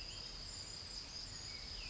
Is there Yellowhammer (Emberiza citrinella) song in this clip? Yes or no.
no